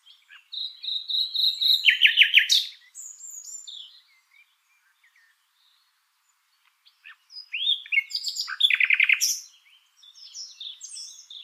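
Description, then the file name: Common nightingale singing two loud phrases separated by a pause, each with pure whistles followed by a fast, throbbing rattle of repeated notes. "Luscinia megarhynchos"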